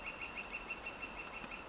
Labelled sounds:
Northern Flicker (Colaptes auratus)
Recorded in Sonoma County, California

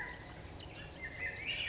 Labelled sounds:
California Quail (Callipepla californica)
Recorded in Sonoma County, California

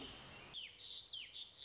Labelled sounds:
Warbling Vireo (Vireo gilvus)
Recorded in Sonoma County, California

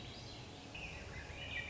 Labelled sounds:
Swainson's Thrush (Catharus ustulatus)
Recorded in Sonoma County, California

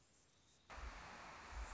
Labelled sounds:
Anna's Hummingbird (Calypte anna)
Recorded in Sonoma County, California

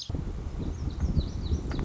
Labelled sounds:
Lazuli Bunting (Passerina amoena)
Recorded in Sonoma County, California

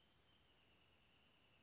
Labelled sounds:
Wrentit (Chamaea fasciata)
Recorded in Sonoma County, California

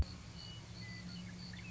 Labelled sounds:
Western Meadowlark (Sturnella neglecta)
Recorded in Sonoma County, California

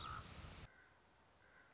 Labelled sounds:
Common Raven (Corvus corax)
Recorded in Sonoma County, California

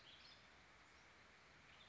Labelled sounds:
Western Tanager (Piranga ludoviciana)
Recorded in Sonoma County, California

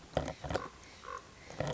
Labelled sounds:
Common Raven (Corvus corax)
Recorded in Sonoma County, California

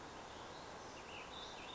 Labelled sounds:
Ash-throated Flycatcher (Myiarchus cinerascens)
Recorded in Sonoma County, California

